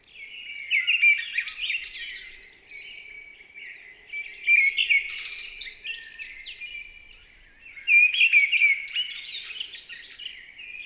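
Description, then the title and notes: Mistle thrush song: loud, rich warbled phrases of fluty and scratchy notes, delivered in bursts about every three to four seconds with short pauses between. Recorded 28 March 2020 at Val Maravel in stereo with a Nagra LB and MKH40 microphone, with no aircraft noise at the time; bird singing with great vocal fervour. "UNE DRAINE ENCHANTEE. 28 mars 2020-Val Maravel - nagra LB - stéréo - mkh40. la belle Grive draine (Turdus viscivorus) dans toute sa ferveur vocale"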